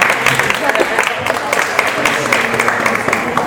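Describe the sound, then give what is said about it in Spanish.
An audience applauds with dense, steady clapping that stays fairly loud from start to finish, a continuous crackling texture of many hands. “Un aplauso.”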